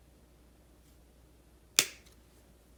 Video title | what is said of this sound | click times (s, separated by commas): Tamiya 1991 Audi V8 Touring Kit#58682 TT-02 Chassis Build Part 3. On the Way to 70 MPH | long nose pliers and just snap it into place | 1.8 s